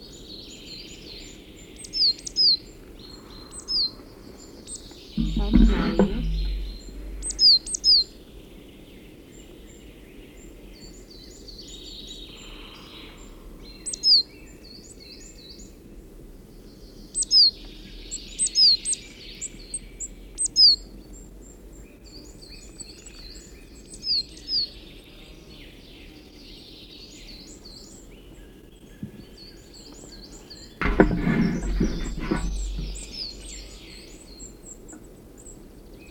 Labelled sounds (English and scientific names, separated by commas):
Coal Tit (Periparus ater)